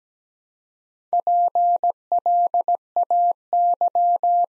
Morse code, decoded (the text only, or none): PLAY